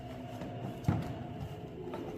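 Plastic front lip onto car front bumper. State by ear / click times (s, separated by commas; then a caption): not seated / none. A plastic Greddy Gracer aero front lip for a 7th-generation T23 Toyota Celica (2003+) is being handled against the car's front bumper, bent inward into a U shape so its edge can snap onto the bumper. Music plays underneath, with a brief thump near 0.9 s and a faint tap around 1.9 s. Nothing has seated or clicked yet.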